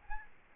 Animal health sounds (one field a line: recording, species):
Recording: mosquito wingbeat signal from an infrared sensor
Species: Aedes albopictus